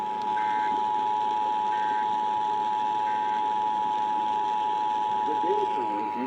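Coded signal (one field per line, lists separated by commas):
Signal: Emergency Alert System (SAME) tones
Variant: 853 and 960 Hz attention tone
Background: speech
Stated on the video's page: Iowa Required Monthly Test originated by an AM station and relayed on all Iowa radio and TV stations.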